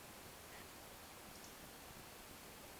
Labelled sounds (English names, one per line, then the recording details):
Eurasian Woodcock whistle
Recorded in Baden-Württemberg, Germany, on 17 June 2021 at 20:19 UTC
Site 52006, 794 m above sea level